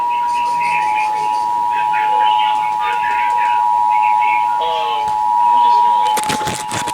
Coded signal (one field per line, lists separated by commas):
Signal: Emergency Alert System (SAME) tones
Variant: 853 and 960 Hz attention tone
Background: speech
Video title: Los Angeles County Monthly EAS Test (7/25/23) (EAS #1,051-1,056)